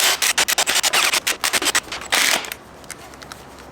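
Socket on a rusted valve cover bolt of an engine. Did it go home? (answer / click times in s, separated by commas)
no / none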